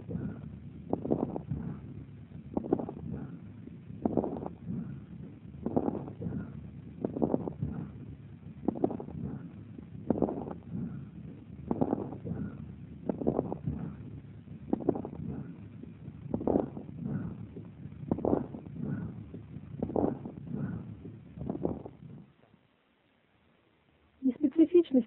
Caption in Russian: Справа, над симметричным участком грудной клетки, определяется бронховизикулярное дыхание и характерная крепитация.